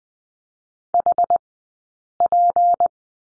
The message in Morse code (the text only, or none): HP